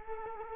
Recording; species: mosquito wingbeat signal from an infrared sensor; Culex quinquefasciatus